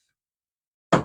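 An upper plastic trim clip of a back door trim panel is pushed home into the back door panel, giving a single loud knock-like click at 0.9 s after near silence. The clip seats, as it is meant to click in.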